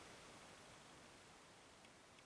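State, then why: Not seated. A pin-tumbler lock is being picked one pin at a time, with the second, binding pin in the lock cylinder being pushed up toward the shear line. Only a steady broadband hiss with faint rustling is heard, with no distinct sharp sounds. Nothing has set or clicked yet.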